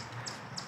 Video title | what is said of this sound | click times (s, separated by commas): Securing Your Bike While Traveling - Reviewing the Motolatch Brake Lock | and then clamp that down until you hear a little click | 0.6 s